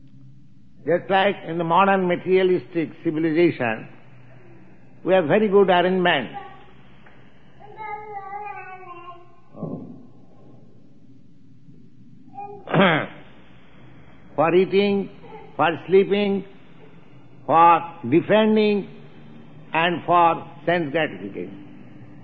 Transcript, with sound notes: Just like in the modern materialistic civilization, we have very good arrangement [child making noise] for eating, for sleeping, for defending and for sense gratification.